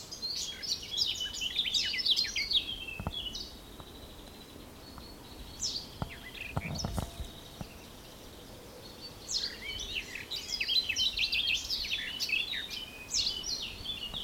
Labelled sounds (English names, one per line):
Eurasian Blackcap